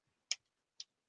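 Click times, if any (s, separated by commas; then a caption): 0.3 s. The left hand of a build-a-figure action figure is pushed onto its plastic wrist peg and pops into place with a sharp tick at 0.3 s. A second, quieter tick follows at 0.8 s. The hand sits well on the wrist joint.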